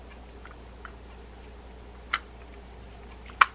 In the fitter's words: will allow you to snap that in there you heard a nice sound snap and uh